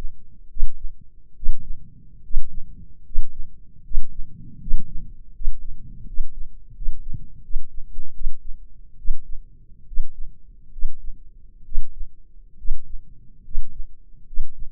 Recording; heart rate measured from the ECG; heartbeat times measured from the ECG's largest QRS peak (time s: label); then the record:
heart sounds by microphone in the left ear; 74 bpm
0.48 s: heartbeat
1.35 s: heartbeat
2.22 s: heartbeat
3.04 s: heartbeat
3.83 s: heartbeat
4.59 s: heartbeat
5.33 s: heartbeat
6.06 s: heartbeat
6.74 s: heartbeat
7.42 s: heartbeat
8.13 s: heartbeat
8.97 s: heartbeat
9.86 s: heartbeat
10.71 s: heartbeat
11.64 s: heartbeat
12.57 s: heartbeat
13.43 s: heartbeat
14.25 s: heartbeat
From the record:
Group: healthy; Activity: rest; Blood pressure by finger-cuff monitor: 159/111 mmHg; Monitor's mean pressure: 122 mmHg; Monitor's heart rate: 76 bpm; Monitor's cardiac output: 6.3 L/min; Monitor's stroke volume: 82 mL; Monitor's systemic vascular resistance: 1430 dyn s/cm5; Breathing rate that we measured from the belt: 17 breaths a minute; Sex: male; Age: 23 years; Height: 179 cm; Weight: 87 kg